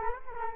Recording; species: mosquito wingbeat signal from an infrared sensor; Culex quinquefasciatus